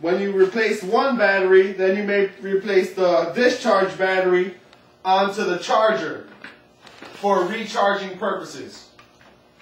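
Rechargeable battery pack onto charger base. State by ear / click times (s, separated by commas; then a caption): not seated / none. Someone talks while a discharged rechargeable battery pack from a sit-to-stand lift is handled toward a wall charger base for recharging. A few faint handling knocks are heard, but the pack has not yet seated or clicked onto the base when the clip ends.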